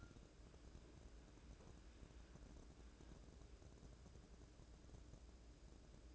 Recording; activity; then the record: daily activity, microphone in the room; wipe stove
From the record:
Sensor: 2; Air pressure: 1012.2 hPa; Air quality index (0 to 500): 163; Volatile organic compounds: 2 ppm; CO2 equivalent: 1186 ppm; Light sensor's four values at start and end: 403/1063/404/437 and 403/1064/404/437